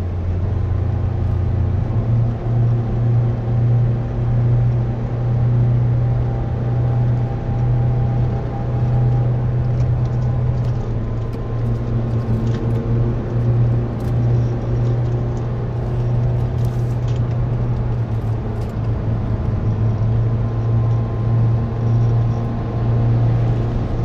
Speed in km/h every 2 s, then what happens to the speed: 70, 72, 73, 73, 70, 70, 73, 72, 66, 68, 69, 70.
0-13 steady at about 72. 13-16 slows to 66. 16-24 steady at about 68.